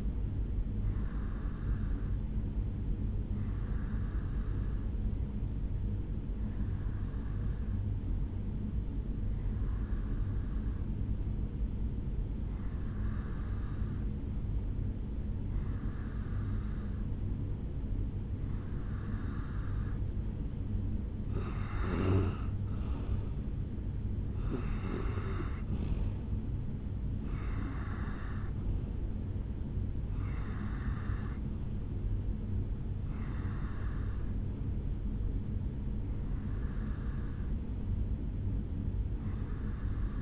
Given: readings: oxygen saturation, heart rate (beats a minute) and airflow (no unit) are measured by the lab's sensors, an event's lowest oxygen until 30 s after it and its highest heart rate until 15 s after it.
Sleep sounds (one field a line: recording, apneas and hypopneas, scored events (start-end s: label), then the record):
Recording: breathing in sleep by a smartphone at the bedside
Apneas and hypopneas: none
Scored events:
none scored
From the record:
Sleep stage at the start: N2 (light sleep)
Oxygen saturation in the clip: 90%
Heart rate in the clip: 65 to 74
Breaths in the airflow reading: 13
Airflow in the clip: -7.3 to 3.7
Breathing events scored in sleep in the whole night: 449 in 7.0 hours asleep